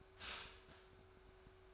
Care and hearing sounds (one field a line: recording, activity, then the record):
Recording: daily activity, microphone in the room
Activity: stop toaster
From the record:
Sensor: 2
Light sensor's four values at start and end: 3/9/3/3 and 3/9/3/3